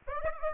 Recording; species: mosquito wingbeat signal from an infrared sensor; Aedes aegypti